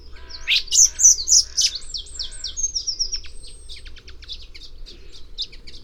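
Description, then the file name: Common blackbird: a few loud notes, then a long run of thin, high twitters that fades, over a low background hum. "Turdus merula"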